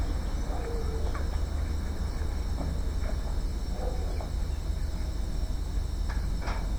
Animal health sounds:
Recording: poultry house recording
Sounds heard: healthy chickens

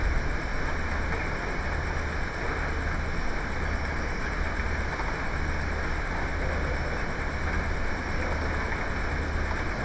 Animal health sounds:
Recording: poultry house recording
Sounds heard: healthy chickens

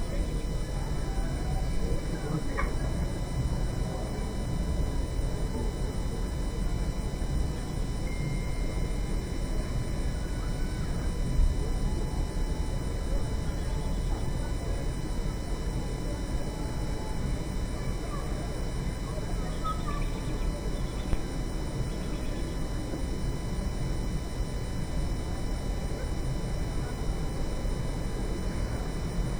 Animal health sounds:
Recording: poultry house recording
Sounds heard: healthy chickens

